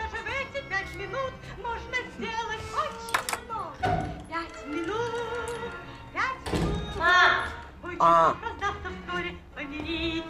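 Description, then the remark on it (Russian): A few dull thuds, like knocking on a door, break through over a busy mix of melodic music and people talking. “Это к тебе?”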